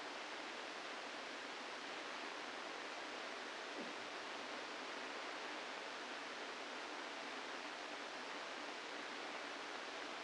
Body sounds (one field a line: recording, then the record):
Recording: brain microelectrode recording played as sound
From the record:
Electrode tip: inside the subthalamic nucleus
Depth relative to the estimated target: 0 mm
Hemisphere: left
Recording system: NeuroSet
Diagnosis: Parkinson's disease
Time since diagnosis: 8 years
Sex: male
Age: 65 years